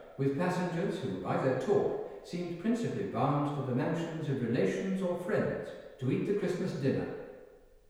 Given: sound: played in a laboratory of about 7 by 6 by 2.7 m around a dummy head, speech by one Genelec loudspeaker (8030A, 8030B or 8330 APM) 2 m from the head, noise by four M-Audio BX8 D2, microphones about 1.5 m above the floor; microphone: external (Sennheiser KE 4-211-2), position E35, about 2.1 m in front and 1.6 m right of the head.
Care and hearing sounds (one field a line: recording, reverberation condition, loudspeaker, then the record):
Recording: male speech in English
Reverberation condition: high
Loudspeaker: 120 degrees to the left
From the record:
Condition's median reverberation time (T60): about 1300 ms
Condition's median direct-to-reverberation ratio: about -4.0 dB